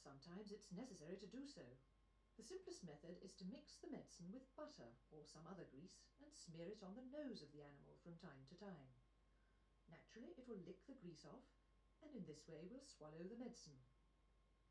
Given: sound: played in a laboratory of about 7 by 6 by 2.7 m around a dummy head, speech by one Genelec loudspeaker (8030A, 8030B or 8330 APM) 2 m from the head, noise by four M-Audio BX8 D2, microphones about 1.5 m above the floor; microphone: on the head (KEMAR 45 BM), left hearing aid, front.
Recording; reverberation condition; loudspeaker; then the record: female speech in English; low; 60 degrees to the right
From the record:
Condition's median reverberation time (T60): about 310 ms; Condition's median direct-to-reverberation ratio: about 3.5 dB